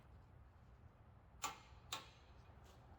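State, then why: Torque reached. A torque wrench set to 70 cranks down the front wheel bearing hub nut on a Mazda 323 GTX as the second tightening increment. The wrench clicks at its setting at 1.4 s, followed by a second sharp click at 1.9 s over a low background hum.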